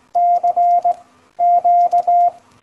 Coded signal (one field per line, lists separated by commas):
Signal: Morse code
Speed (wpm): 18 wpm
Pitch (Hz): 700 Hz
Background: none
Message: C Q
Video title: The history and appreciation of Morse. With Victor Mitchell GI4ONL